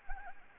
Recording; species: mosquito wingbeat signal from an infrared sensor; Anopheles arabiensis